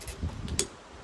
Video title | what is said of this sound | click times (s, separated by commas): Citroen Berlingo Wiper Blade Replacement. | Hear that click? She's in there. | 0.6 s